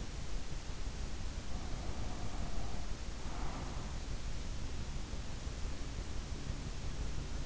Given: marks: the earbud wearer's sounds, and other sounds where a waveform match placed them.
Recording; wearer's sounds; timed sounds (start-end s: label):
sounds in sleep by an in-ear microphone; breath
1.48-3.89 s: breath